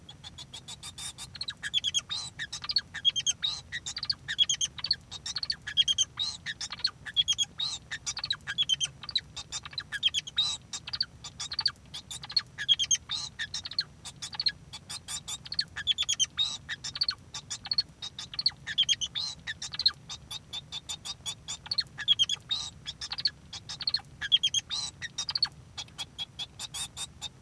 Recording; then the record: song of a male Bengalese finch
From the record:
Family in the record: son of father 2